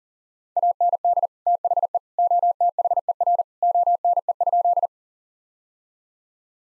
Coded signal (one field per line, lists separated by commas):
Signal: Morse code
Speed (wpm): 40 wpm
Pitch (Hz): 700 Hz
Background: none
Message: AND THE OTHER ONE?